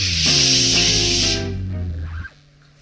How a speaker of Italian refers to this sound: Il karcher è una specie di carro armato, il cui cannone, invece di sparare proiettili, spara un getto di acqua ad alta pressione.